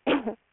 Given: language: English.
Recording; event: throat vibration sensor signal played as sound; cough